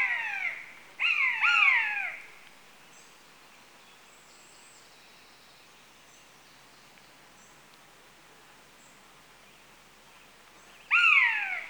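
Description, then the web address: Common buzzard mewing calls, three descending plaintive mews in quick succession, a long quiet gap, then another loud falling mew near the end. Two adult birds. "The BBC Sound Effects Library - Complete 60 CDs Collection. Buzzard (Buteo Buteo) Two Adults"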